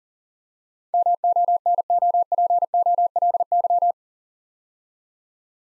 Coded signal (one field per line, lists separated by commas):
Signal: Morse code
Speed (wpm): 37 wpm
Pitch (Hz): 700 Hz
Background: none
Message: MONOPOLY